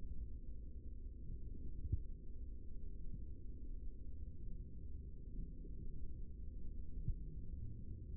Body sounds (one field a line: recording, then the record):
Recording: forearm muscle sounds (acoustic myography)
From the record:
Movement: rest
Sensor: system 3, bracelet of six PUI Audio POM-2738L microphones around the upper forearm, with dedicated amplification and filtering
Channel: 4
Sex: male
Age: 55 years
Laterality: right